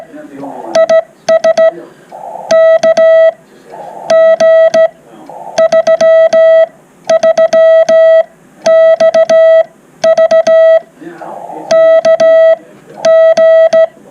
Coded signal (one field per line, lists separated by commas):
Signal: Morse code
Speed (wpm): 15 wpm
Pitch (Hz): 650 Hz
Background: speech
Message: IS KG33XV KG